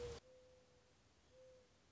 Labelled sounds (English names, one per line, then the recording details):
Mourning Dove
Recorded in Sonoma County, California